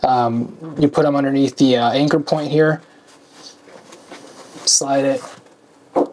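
Someone talks while a plastic strap clip is slid under a loop anchor point on a Peak Design 30L Travel Backpack and lined up for external carry, with soft handling noises and a faint tap near 3.9 s. The clip has not clicked in yet.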